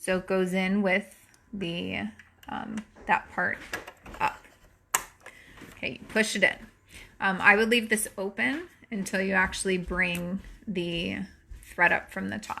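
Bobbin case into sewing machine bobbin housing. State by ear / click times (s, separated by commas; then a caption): seated / 5.0 s. A metal bobbin case holding a threaded bobbin is pushed into a sewing machine's bobbin housing and snaps in with one sharp, loud click at 4.9 s, seating it. Someone talks before and after the click.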